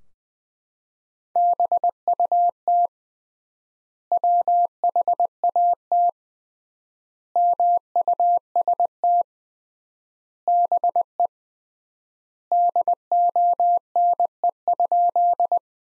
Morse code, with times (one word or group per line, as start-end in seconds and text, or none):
1.4-2.9 BUT
4.1-6.1 WHAT
7.4-9.2 MUST
10.5-11.3 BE
12.5-15.6 DONE?